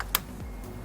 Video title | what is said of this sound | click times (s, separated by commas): HOW TO REMOVE AND REPLACE FUEL INJECTORS ON HYUNDAI ELANTRA | pushing the fuel line until it clicks in place you know perfect | 0.1 s